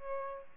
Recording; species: mosquito wingbeat signal from an infrared sensor; Aedes albopictus